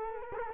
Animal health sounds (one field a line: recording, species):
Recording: mosquito wingbeat signal from an infrared sensor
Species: Culex quinquefasciatus